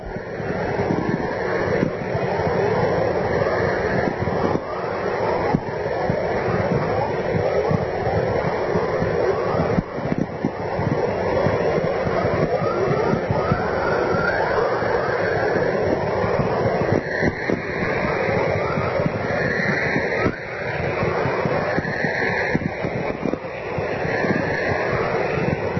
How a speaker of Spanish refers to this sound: uno de los sonidos que vamos a escuchar ahora es una aurora boreal obtenida en Manitoba